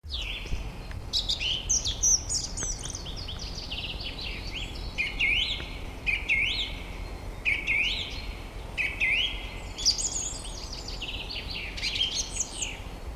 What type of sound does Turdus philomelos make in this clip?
song